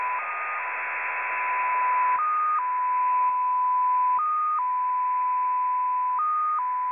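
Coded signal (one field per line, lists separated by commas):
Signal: multi-tone FSK (Olivia or MFSK type)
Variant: XPA2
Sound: steady whistle-like tone that briefly jumps higher every two seconds, over hiss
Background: radio static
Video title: XPA2 Data Mode 21/06/2023 0930 UTC 15812kHz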